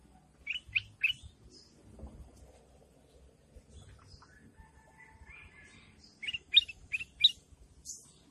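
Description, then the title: Sooty-headed bulbul song: three sharp chirps early, a long quiet stretch with a soft rising whistle, then a loud burst of four or five chirpy notes. "Suara Burung Kutilang"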